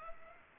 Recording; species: mosquito wingbeat signal from an infrared sensor; Culex pipiens